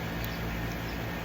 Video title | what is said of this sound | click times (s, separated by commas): YTPC #79 My 3 Favorite Pipes, Tobacco’s and Lighters. | it locks in place and your flint drops down into that little hole | 0.2 s